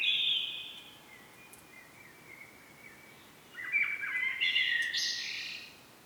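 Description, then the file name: Common blackbird song: the tail of one high phrase, a soft drawn-out strain, then a fuller warbling phrase with squeaky high notes. "Turdus merula"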